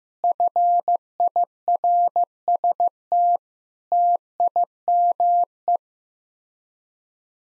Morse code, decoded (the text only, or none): FIRST TIME